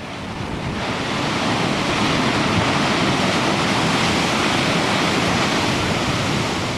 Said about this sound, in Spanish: Podrás disfrutar de la tranquilidad de la bahía y de la agresividad de las olas chocando contra los acantilados.